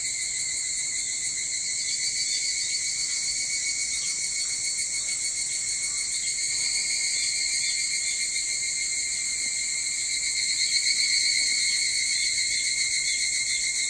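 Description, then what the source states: Evening cicada song, a sustained shrill buzzing chorus that rises and falls gently in volume, peaking near the end. Recorded 22 July 2023 at 04:40.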